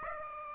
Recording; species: mosquito wingbeat signal from an infrared sensor; Aedes aegypti